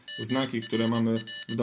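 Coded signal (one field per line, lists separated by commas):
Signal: Morse code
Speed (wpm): 22 wpm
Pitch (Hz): 2950 Hz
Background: speech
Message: MRR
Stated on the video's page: Morse from a Morserino device, a CW learning tool, shown working with a Morserino server.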